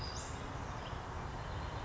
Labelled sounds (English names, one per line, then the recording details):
Western Flycatcher
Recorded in Sonoma County, California